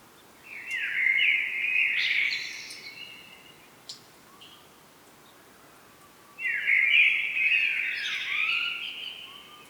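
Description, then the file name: Common blackbird singing two phrases, each a mellow warble of about three seconds finishing with high scratchy notes, separated by a silent gap. "Turdus merula"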